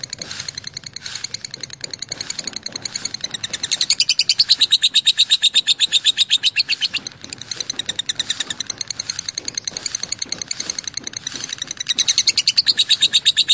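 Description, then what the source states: Lovebird song: sustained rapid high chatter of clipped buzzy notes in long bursts, with short pauses between runs. Song style called konslet.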